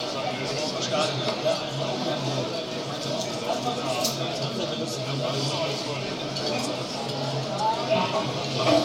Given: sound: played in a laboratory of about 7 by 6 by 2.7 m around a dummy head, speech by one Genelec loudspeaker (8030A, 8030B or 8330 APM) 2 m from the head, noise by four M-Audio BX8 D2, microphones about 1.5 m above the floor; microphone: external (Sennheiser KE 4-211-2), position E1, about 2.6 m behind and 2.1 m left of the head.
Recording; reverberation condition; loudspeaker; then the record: cafeteria noise; medium; four, about 170 cm from the corners of the room and facing them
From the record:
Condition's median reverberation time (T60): about 510 ms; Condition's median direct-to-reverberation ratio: about -0.5 dB